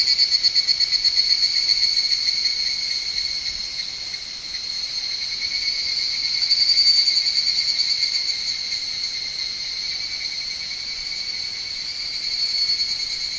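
Higurashi cicada call, high metallic trill with rapid pulsing that swells at the start, again midway and once more near the end, steady ringing in between.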